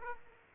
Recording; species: mosquito wingbeat signal from an infrared sensor; Aedes aegypti